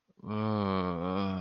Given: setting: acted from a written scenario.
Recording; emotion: vocal sound without words; romantic love